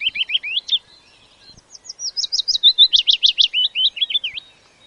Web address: willow warbler